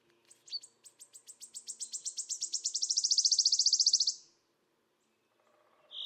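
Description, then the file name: Wood warbler song starting with spaced ticking notes that quicken into a loud shivering trill and cut off, followed by a brief soft chirp. "Mathias Ritschard - Penochka-trecshotka Phylloscopus sibilatrix"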